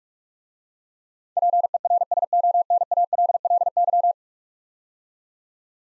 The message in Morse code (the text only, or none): PERSONALLY